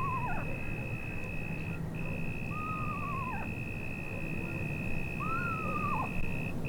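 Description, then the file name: Eastern screech owl giving quavering whinnies that rise briefly then slide down, three throughout, over a steady high-pitched tone and low rumbling background noise. "Megascops asio"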